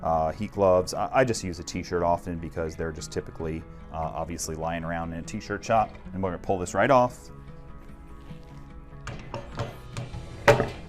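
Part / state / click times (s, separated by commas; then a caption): platen onto heat press mount / seated / 10.5 s. Someone talks over background music, then the old platen is pulled off a heat press arm and the new platen slides onto it with several light taps. One loud hit at 10.5 s marks the new platen locking in place on the heat press mount.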